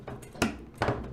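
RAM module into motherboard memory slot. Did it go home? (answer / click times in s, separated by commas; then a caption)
yes / 0.4 s, 0.8 s. A RAM memory module is pushed down into a motherboard DIMM slot, first on one end and then the other. Two sharp clicks are heard at about 0.4 s and 0.8 s, after softer handling noises. The module clicks home and is confirmed fully seated.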